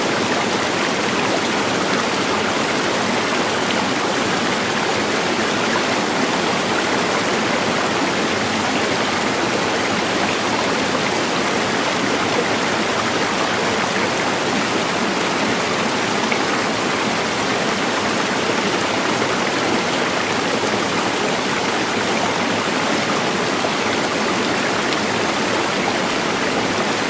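A small river in deep mountain woods runs steadily and densely, a bright rushing wash with no breaks or separate events.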